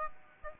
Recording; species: mosquito wingbeat signal from an infrared sensor; Aedes aegypti